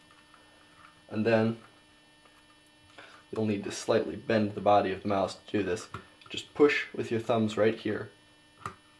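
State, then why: Seated. Someone talks over a steady mains hum while the plastic body of a Mighty Mouse is bent slightly and pushed with both thumbs to seat its top shell into the base hinge. A short, sharp click at 8.7 s marks the shell snapping back into the hinge, after which it hinges properly.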